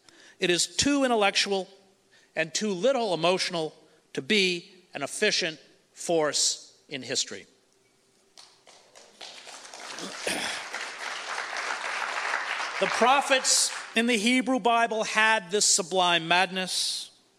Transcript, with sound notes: it is too intellectual and too little emotional to be an efficient force in history."
[audience applause]
The prophets in the Hebrew bible had this sublime madness.